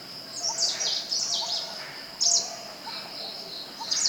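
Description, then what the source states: Greenish warbler giving several high, slurred calls at irregular intervals over a continuous high drone. Recorded at Thekkady on 12 October 2015.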